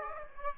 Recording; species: mosquito wingbeat signal from an infrared sensor; Aedes aegypti